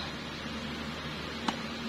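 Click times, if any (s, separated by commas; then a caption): 1.5 s. A plastic water tank lock on a Firefly smart WiFi dual fan air cooler is turned from locked to unlocked, releasing with a single short click at 1.5 s over a steady background hum. The lock must sit level to be unlocked.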